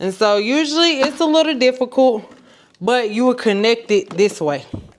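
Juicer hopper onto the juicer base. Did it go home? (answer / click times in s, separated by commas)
no / none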